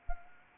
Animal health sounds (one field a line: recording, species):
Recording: mosquito wingbeat signal from an infrared sensor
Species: Anopheles arabiensis